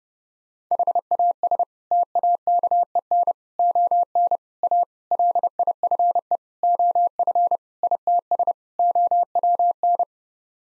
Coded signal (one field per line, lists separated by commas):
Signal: Morse code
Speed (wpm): 30 wpm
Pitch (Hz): 700 Hz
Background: none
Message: HAS TAKEN ON A LIFE OF ITS OWN